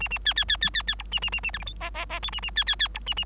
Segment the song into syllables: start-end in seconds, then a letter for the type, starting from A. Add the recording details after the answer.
0.00-0.08 A, 0.10-0.18 A, 0.25-0.34 B, 0.36-0.44 B, 0.48-0.57 B, 0.61-0.70 B, 0.74-0.82 B, 0.87-0.95 B, 0.99-1.03 C, 1.11-1.20 A, 1.22-1.30 A, 1.32-1.40 A, 1.43-1.51 A, 1.53-1.58 D, 1.59-1.64 E, 1.66-1.74 F, 1.80-1.90 G, 1.94-2.06 G, 2.09-2.20 G, 2.22-2.30 H, 2.32-2.41 A, 2.42-2.51 A, 2.56-2.64 B, 2.67-2.75 B, 2.79-2.88 B, 2.94-2.99 C, 3.06-3.14 A, 3.16-3.25 A. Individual Bird3